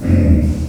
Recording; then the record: squeal of a Yucatan mini pig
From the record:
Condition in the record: after surgery on the right vocal fold (resection and tissue-engineered implant); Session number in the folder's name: 7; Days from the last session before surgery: 47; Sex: female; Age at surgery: 19 weeks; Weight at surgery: 25 kg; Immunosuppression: prednisolone